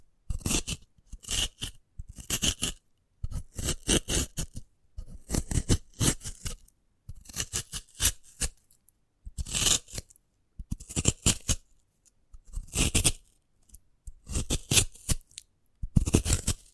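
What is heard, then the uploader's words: ASMR sounds of a sprouted coconut: short bursts of crisp, crackly crunching or snipping, each lasting under a second. About a dozen bursts come at a fairly regular pace, roughly one every second or so, separated by near silence. ASMR of a Sprouted Coconut (No Talking).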